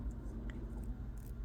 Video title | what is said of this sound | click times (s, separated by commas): Build #1010 - Skull ABRZ - Craig | until you hear it and feel it clicking you'll feel a little bit of play | 0.5 s, 1.2 s, 1.3 s